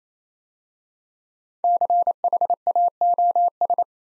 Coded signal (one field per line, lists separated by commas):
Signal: Morse code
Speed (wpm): 27 wpm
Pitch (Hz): 700 Hz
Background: none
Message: CHAOS